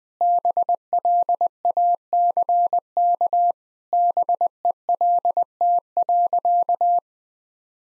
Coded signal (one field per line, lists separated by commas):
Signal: Morse code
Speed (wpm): 20 wpm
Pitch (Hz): 700 Hz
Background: none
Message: BLACK BELT.